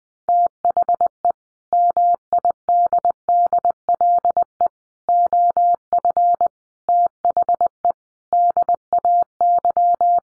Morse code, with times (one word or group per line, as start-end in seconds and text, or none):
0.3-1.3 THE
1.7-4.7 MIDDLE
5.1-6.5 OF
6.9-7.9 THE
8.3-10.2 DAY